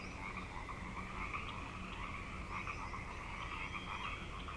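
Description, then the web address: Frogs in full chorus, overlapping trills and croaks forming a steady, unbroken wall of sound throughout. Frog chorus at Grafton Lake, recorded 3 May 2009. "The Frog Chorus Tunes Up On Grafton Lake frogs 090503"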